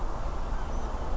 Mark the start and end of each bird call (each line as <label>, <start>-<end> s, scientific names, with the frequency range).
Anthus trivialis (4.6-6.4 kHz), 0.72-0.86 s